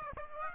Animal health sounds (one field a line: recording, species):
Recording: mosquito wingbeat signal from an infrared sensor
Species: Aedes aegypti